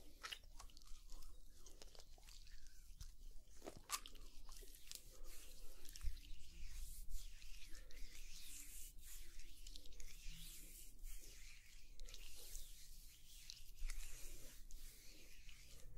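Wet rubbing and squishing of oil being worked over skin, with a dense crackly texture that keeps going throughout. Frequent soft crunchy pops and sharper clicks, a distinct one near four seconds, ride over a faint low hum.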